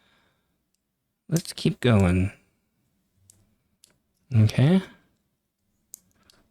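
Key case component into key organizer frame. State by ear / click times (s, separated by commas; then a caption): seated / 5.9 s. Someone talks, then presses a component of a metal Ridge Key Case (Forged Ember) organizer together into its frame while assembling it. A sharp click at 5.9 s shows the part has seated into place, followed by a few faint ticks.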